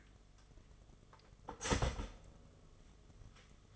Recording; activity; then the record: daily activity, microphone in the room; start toaster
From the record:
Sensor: 4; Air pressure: 1015.5 hPa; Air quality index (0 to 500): 195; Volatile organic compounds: 9 ppm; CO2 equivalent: 2178 ppm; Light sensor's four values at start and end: 4/8/3/3 and 4/9/3/3